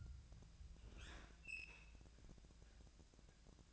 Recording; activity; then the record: daily activity, microphone in the room; open fridge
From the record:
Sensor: 2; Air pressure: 999.9 hPa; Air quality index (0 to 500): 118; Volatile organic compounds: 2 ppm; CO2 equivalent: 1017 ppm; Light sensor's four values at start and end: 33/82/35/39 and 32/82/35/39